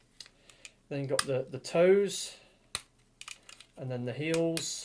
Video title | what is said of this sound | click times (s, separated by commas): Transforming "Eastern Exotica" Review #301 Hello Carbot Rook X | pull it out and swing it round 180° till it clips into place you then got the um | 0.2 s